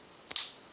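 A second pair of plastic LEGO arrow elements from the 2023 Monkey King Ultra Mech 80045 set is pressed together, one arrow element into its mating arrow element. Two sharp clicks sound at 0.3 s and 0.4 s, the second one louder with a short bright tail. The pieces are seated.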